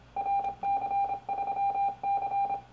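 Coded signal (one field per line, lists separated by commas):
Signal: Morse code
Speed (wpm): 28 wpm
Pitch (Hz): 780 Hz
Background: none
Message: RC3C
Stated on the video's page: 40 m CW minitest contest, keyed by CWTYPE software through a microHAM microKeyer 2 into an FT-1000MP Mark-V Field at 90 W.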